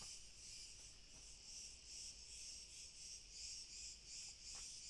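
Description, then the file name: Crickets in a steady, high, shimmering chorus of rapid pulses that swell and fade rhythmically. "Grillen"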